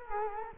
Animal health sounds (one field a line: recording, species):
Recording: mosquito wingbeat signal from an infrared sensor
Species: Culex quinquefasciatus